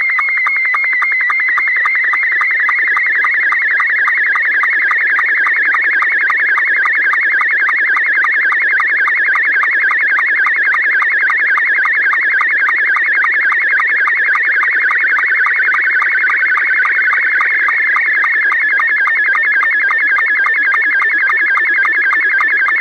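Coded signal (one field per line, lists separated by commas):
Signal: SSTV (slow-scan television)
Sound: steady warbling high tone with fast, regular ticking pulses throughout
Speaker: Slow Scan TV Net? This is Rick, KC8LOQ. Please call now.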